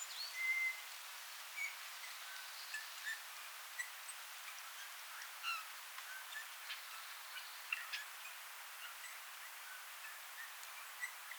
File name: Pyrrhula pyrrhula